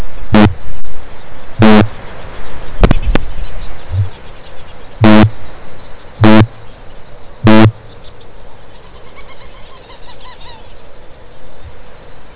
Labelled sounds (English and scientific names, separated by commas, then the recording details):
Kākāpō (Strigops habroptilus) boom
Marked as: faintness 1/5
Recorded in New Zealand
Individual Stumpy